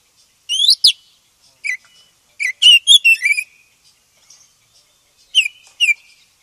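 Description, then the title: Oriental magpie-robin song: short whistled notes and rapid note clusters, delivered in spaced bursts with brief silences between. Black form (kacer hitam). "KACER HITAM"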